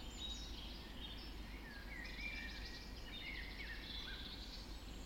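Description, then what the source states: Birds: dawn chorus of several birds, sliding whistles and quick chattering phrases overlapping, above a continuous low-pitched background hum. Dawn chorus recorded just after dawn in the Forest of Dean.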